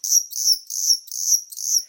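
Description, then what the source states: Greater sac-winged bat pup babbling, slowed down: five high, buzzy, chirping syllables in a steady rhythm, roughly one every 0.4 seconds. Baby bat babbling, slowed down a little to hear it better; likened to human infant babbling.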